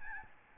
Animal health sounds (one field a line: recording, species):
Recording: mosquito wingbeat signal from an infrared sensor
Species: Aedes albopictus